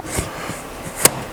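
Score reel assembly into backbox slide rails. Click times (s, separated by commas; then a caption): 1.1 s. A cleaned electromechanical score reel assembly, a metal bracket with a plastic reel, is lined up with the track slide rails in a Gottlieb pinball backbox and slid down. After faint rustling, a sharp, bright click at 1.0 s marks the assembly snapping into place and latching, seated.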